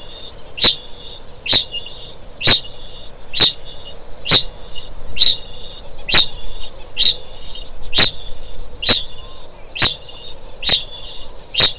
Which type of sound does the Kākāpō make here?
ching call